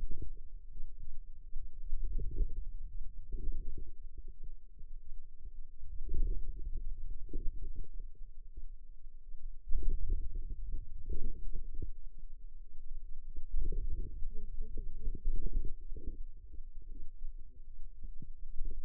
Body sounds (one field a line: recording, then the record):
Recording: forearm muscle sounds (acoustic myography)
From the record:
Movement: ulnar deviation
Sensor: system 2, bracelet of six BSWA MPA416 microphones around the upper forearm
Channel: 5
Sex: female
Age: 21 years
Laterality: right